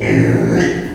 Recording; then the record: squeal of a Yucatan mini pig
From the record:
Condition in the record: before surgery on the right vocal fold (resection and tissue-engineered implant); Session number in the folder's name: 3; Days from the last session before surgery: 0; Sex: female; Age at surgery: 19 weeks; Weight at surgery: 25 kg